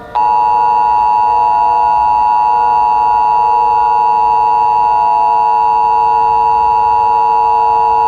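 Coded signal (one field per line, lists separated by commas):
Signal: Emergency Alert System (SAME) tones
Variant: 853 and 960 Hz attention tone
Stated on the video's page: Fictional EAS scenario with a horror theme, made in CapCut.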